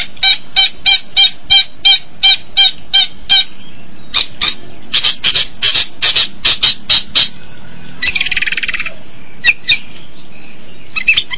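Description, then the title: Long-tailed shrike song: a quick series of repeated chirped notes, then harsh chattering bursts and a buzzy rasp. Combination song. "Cendet Kombinasi"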